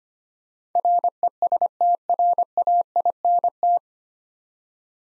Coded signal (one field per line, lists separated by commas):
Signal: Morse code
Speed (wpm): 25 wpm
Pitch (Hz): 700 Hz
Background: none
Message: RESTRAINT